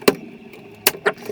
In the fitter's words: Well, so I did hear a pop as a clip has disengaged.